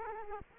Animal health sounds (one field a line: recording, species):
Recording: mosquito wingbeat signal from an infrared sensor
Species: Culex quinquefasciatus